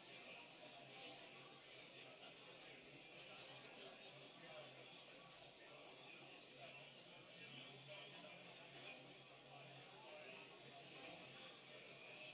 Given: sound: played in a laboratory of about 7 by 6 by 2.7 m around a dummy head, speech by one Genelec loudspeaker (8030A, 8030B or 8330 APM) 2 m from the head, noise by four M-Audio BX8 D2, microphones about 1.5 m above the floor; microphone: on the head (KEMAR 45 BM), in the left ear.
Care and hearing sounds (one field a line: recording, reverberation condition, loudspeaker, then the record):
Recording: cafeteria noise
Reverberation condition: low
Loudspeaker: four, about 170 cm from the corners of the room and facing them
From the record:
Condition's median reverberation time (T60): about 310 ms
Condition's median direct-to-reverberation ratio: about 3.5 dB